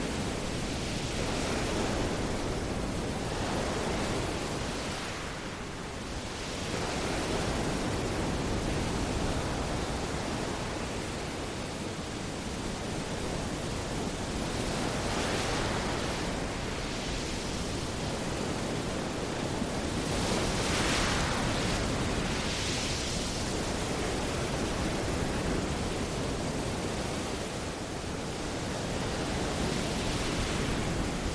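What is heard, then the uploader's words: Ocean waves make a dense, steady roar of hissing water that fills everything from low rumble to bright spray. The level barely changes, with gentle swells brightening the wash around 15 and 21 seconds. No other sounds break through. Ocean Sounds for Sleep: Relaxing Pacific Waves. Ocean wave sounds.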